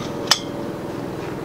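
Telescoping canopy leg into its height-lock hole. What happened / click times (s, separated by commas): The telescoping metal leg clicked into its lock hole / 0.3 s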